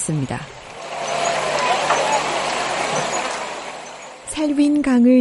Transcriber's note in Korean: 현장음: 미얀마 국경지대 살윈 강